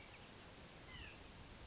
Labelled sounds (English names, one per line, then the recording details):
White-breasted Nuthatch
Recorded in Sonoma County, California